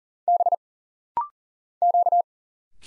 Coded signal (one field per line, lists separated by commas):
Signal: Morse code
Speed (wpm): 42 wpm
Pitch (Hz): 700 Hz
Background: none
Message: B Q